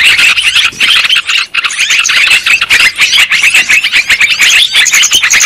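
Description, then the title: Shrill lovebird chatter, many quick squeaky notes tumbling over one another, with a brief dip in loudness early on. Lure sound used for trapping lovebirds. "PIKAT BURUNG LOVEBIRD"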